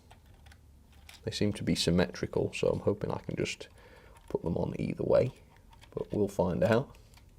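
A small plastic coupling clip from a Bachmann accumulator railcar pack is handled against the ends of two model railcar units, meant to press over them and hold them together. Someone talks through most of the clip over a few faint taps and small handling sounds. Nothing has seated or clicked yet.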